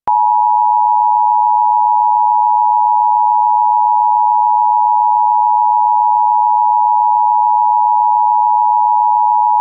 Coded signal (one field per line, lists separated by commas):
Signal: Emergency Alert System (SAME) tones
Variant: 853 and 960 Hz attention tone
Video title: Southern California Big One - EAS Scenario Teaser | Teaser Clip 2